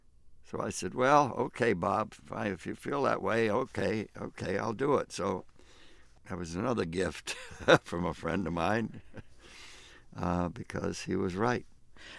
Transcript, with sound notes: So I said, well, OK, Bob. If you feel that way, OK. OK, I'll do it. So that was another gift (laughter) from a friend of mine because he was right.